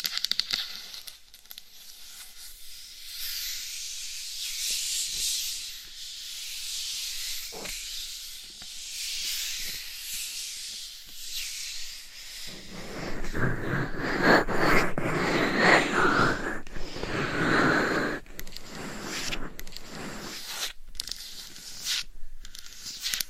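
Scratching and rubbing on a binaural mic, a dense, hissy rasp that wavers but never stops. For the first twelve seconds it stays thin and bright. After that it turns fuller and rougher, with a deeper rumble underneath and a few sharp ticks and brief pauses near the end.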